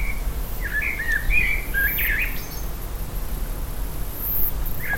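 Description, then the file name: Common blackbird singing a short warbled phrase of low fluty notes that rise into a brief squeaky flourish, then a lone note near the end, with low background hum. "Turdus merula"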